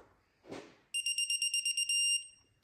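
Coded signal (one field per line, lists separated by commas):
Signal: none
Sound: torque wrench angle beeps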